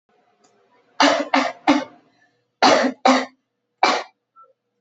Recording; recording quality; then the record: shallow voluntary cough; excellent, no background noise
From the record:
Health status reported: COVID-19 positive, mild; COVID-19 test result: positive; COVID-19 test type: RT-PCR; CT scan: not taken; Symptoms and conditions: fever, fatigue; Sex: female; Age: 22 years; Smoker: no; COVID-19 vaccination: both doses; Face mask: not worn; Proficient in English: yes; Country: India